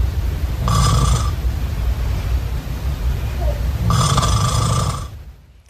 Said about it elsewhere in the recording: Why would I be snoring all of a sudden? Maybe there's some allergies going on. It's so loud you wake me up because I sleep with my mouth open, so maybe that's why it sounds so loud.